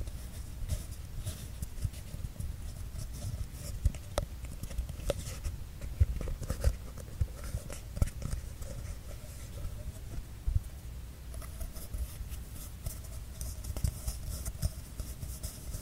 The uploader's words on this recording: PAPER TUBE SOUND ASMR.